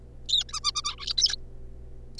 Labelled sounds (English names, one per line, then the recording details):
Zebra Finch
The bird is a juvenile
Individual R3549